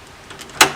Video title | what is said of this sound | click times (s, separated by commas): Ending our GREEK HONEYMOON in SANTORINI - Oia, Fira, & Other Top Spots! | so we'll show you there's one click there's | 0.6 s